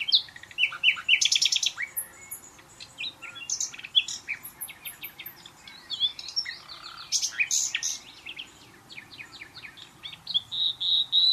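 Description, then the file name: Common nightingale song: a rich run of varied phrases, rapid chattering trills, sharp high notes and short whistles, changing constantly with brief gaps between bursts. "Luscinia megarhynchos"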